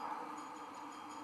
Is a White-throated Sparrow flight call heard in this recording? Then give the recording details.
no. No flight call is heard. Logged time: 23:00 on 14 December 2014